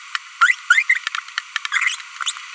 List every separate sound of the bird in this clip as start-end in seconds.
0.41-0.55, 0.70-0.82, 0.89-0.97, 1.72-1.96